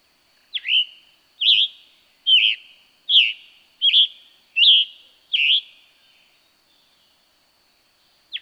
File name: Scarlet Tanager